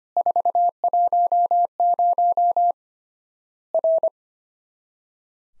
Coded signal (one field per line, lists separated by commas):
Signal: Morse code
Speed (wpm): 25 wpm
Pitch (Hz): 700 Hz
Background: none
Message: 410 R